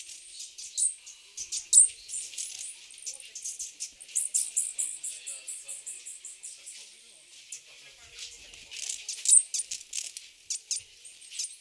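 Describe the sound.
Cuban emerald making an uneven run of high, tinny chips and short twittering bursts with clicking notes, a brief quiet spell, then more scattered chips.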